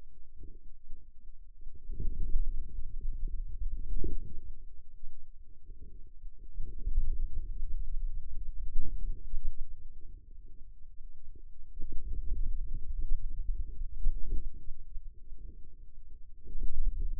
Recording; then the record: forearm muscle sounds (acoustic myography)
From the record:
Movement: hand opening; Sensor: system 2, bracelet of six BSWA MPA416 microphones around the upper forearm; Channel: 5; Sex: male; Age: 22 years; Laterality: right